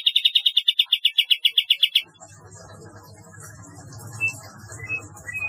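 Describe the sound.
Bulbul song: a quick buzzy trill of many pulses over two seconds, then a few brief high notes against low background noise.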